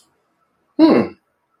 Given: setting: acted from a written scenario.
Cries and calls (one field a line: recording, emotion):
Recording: vocal sound without words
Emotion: interest